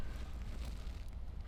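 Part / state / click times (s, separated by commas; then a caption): plastic speaker grill into the top of the dash / not seated / none. A plastic top dash speaker grill with tabs is handled over the top of the dash of a 2024+ Toyota Land Cruiser, about to be pushed down into place. A steady low rumble and broadband hiss run throughout, with two faint brief ticks near 0.4 s and 1.1 s. Nothing has clicked or seated yet.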